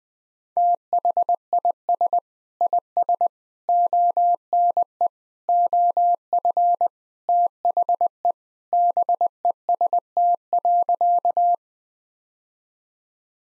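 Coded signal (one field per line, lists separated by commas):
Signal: Morse code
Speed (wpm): 20 wpm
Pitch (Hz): 700 Hz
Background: none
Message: THIS IS ONE OF THE BEST.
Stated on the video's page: Morse practice at 20 wpm: sentences built from common four-word phrases, each sent in Morse, spoken, then sent again for head-copy training.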